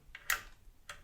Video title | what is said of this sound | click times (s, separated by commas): Snowpeak MAT300 10m Air Rifle Unboxing and Review | clicks in place | 0.3 s